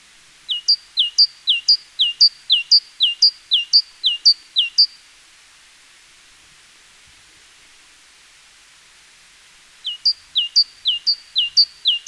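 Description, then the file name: Great tit repeating a high two-note phrase about twice a second for nearly five seconds, falling silent for about five seconds, then resuming the same rhythmic pattern. "Parus major"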